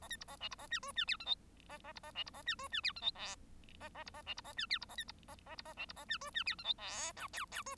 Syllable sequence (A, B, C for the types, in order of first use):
A B C A D C A E F E G H I A A C A D C A E F E G H I J A A C A D C A E G C A B C A A C A D C A E F E G H I J K L L F